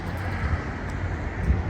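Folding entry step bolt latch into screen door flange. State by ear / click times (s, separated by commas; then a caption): not seated / none. The folding entry door step of a Keystone Hideout 26BHSWE travel trailer is handled after being folded up into the coach, with its centre handle turned so the bolt latches will slide behind the flange of the screen door to lock the step in. Only a steady low rumble with some wind-like noise is heard, with no distinct hits. Nothing has seated or clicked yet.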